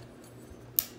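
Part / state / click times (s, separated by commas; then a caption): circlip or snap ring on ATV rear axle assembly / seated / 0.8 s. A circlip or snap ring is pushed onto the rear axle during rear axle and hub assembly on a Honda ATC 200X ATV. After a quiet low hum, a single sharp, bright snap rings out at 0.8 s and fades quickly. The ring snaps into place and is seated on the axle.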